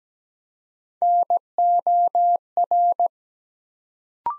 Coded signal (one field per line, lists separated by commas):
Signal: Morse code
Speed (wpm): 17 wpm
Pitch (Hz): 700 Hz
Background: none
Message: NOR